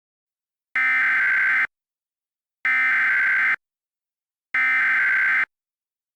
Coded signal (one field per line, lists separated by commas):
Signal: Emergency Alert System (SAME) tones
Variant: header bursts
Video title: EAS Mock Monday S1 Ep7: Two People Read a Tornado Warning (V2)